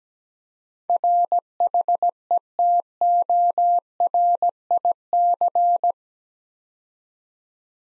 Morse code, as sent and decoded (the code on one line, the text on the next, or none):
.-. .... . - --- .-. .. -.-.
RHETORIC